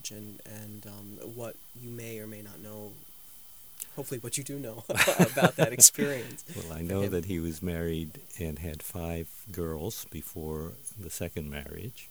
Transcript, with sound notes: And what you may or may not know. Hopefully what you do know, (Laughter) about that experience.
Well, I know that he was married and he had five girls before the second marriage.